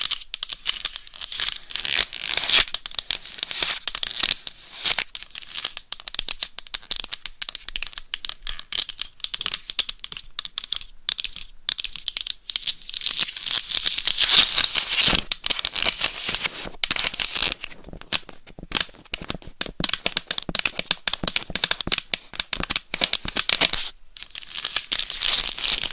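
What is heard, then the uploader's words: Dense scratching and tapping on a microphone cover, a continuous crisp rustle with rapid clicks, briefly pausing near eighteen and twenty-four seconds. ASMR Binaural Dummy Head Mic Scratching & Tapping on DIY Mic Cover.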